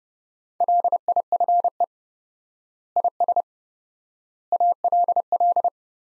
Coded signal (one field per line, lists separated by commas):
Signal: Morse code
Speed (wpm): 32 wpm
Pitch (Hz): 700 Hz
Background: none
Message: LIFE IS ALL